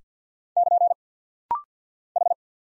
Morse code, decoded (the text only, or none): <KN> H